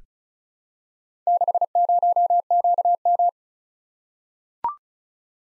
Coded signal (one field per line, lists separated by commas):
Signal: Morse code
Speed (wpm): 36 wpm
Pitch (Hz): 700 Hz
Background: none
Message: 60QM